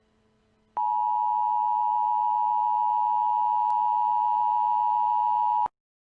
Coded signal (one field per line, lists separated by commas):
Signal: Emergency Alert System (SAME) tones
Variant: 853 and 960 Hz attention tone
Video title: EAS- Shelter In Place Warning for Chicago, Illinois